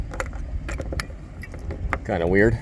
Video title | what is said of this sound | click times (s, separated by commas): Mercury Outboard Common Problems I Have Noticed!! #V6 #V8 #Mercury #SparkPlugs | just won't latch all the way down. | none